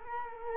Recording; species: mosquito wingbeat signal from an infrared sensor; Culex quinquefasciatus